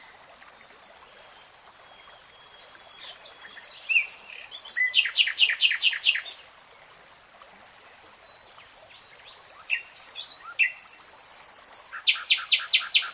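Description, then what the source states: Nightingale song: soft scattered chirps, then a fast rattling trill, a pause, and a second run of quick repeated notes. Nightingale singing in real time.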